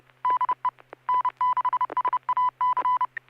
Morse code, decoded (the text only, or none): DE N6SAC